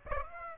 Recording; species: mosquito wingbeat signal from an infrared sensor; Aedes aegypti